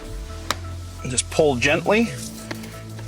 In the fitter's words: You'll hear the snaps release.